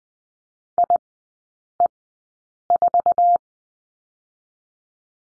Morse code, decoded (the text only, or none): IE4